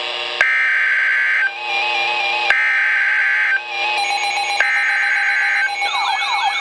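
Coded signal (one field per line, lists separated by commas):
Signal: Emergency Alert System (SAME) tones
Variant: header bursts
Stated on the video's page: Real Severe Thunderstorm Warning received from NOAA weather radio station in Milwaukee, WI.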